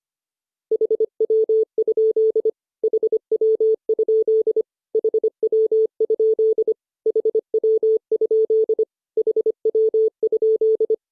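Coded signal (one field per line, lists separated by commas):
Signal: Morse code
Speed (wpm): 25 wpm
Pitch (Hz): 440 Hz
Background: none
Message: HW? HW? HW? HW? HW?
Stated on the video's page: Morse lesson drilling the abbreviation HW?, a rubber-stamp QSO phrase.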